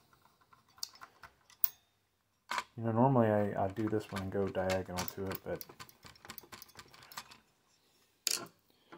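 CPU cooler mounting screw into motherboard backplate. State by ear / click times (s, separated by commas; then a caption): not seated / none. A spring-loaded CPU cooler mounting screw is being driven diagonally into the motherboard bracket/backplate while someone talks, with a few short sharp ticks and taps around 0.8, 1.6, 2.5 and 8.3 s. The screw does not catch and nothing clicks down, because the other screws are not lined up.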